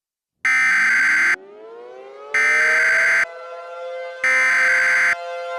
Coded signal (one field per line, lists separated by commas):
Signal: Emergency Alert System (SAME) tones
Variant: header bursts